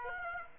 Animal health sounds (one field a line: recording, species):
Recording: mosquito wingbeat signal from an infrared sensor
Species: Aedes aegypti